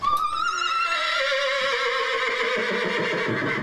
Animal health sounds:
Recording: contact call of a hoofed animal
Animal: horse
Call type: whinny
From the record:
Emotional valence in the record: negative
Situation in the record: group separation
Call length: 3.7 s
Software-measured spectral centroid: 2440 Hz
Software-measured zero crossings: 3360 a second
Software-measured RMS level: -24 dBFS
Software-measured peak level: -12 dBFS

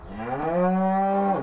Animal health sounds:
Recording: contact call of a hoofed animal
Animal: cattle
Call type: low-frequency (closed-mouth) or high-frequency (open-mouth) call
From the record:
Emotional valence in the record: negative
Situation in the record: separation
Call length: 1.42 s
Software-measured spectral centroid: 920 Hz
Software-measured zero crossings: 1190 a second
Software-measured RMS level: -24 dBFS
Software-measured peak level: -11 dBFS

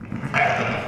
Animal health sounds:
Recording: contact call of a hoofed animal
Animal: sheep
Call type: low-frequency (closed-mouth) or high-frequency (open-mouth) call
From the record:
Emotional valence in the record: positive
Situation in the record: reunion with pen mate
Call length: 0.88 s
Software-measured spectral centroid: 1770 Hz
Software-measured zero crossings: 1950 a second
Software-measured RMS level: -23 dBFS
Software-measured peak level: -7 dBFS

